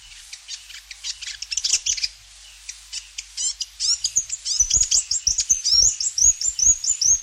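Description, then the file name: New Zealand fantail song: jumbled high squeaks building into a rhythmic run of sharp, rising chirps repeated rapidly. "piwakawaka"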